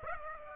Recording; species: mosquito wingbeat signal from an infrared sensor; Aedes aegypti